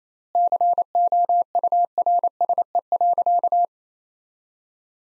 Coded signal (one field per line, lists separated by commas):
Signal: Morse code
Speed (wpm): 28 wpm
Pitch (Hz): 700 Hz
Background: none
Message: COURSE.